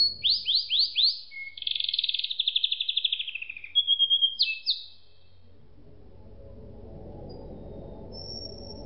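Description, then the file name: Canary song: fast twitters, then a rapid buzzy trill, a short whistled note and a brief burst of notes, ending with low background hum. "suara kenari makige"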